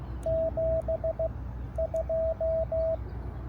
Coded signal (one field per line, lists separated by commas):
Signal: Morse code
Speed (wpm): 15 wpm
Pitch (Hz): 650 Hz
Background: radio noise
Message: 7 2